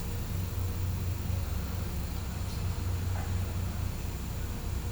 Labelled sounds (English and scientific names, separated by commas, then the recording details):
none
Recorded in pastures near Puerto Asís, Putumayo, Colombia, on 20 December 2024 at 09:00
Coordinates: 0.505, -76.324
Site G063